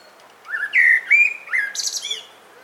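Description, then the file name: Common blackbird song: low fluted warbled notes, ending in a high, thin, squeaky twitter. "Turdus merula"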